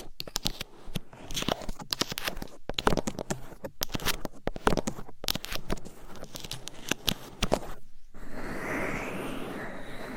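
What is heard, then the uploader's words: Scratching and tapping right on a microphone, a busy run of sharp crackly strokes and quick hits with scarcely a pause for the first eight seconds. After a brief hush, a softer, denser rustling rub takes over, with a faint gliding squeak through it. ASMR Mic Scratching , Massage & Tapping in Your Ears. No Talking.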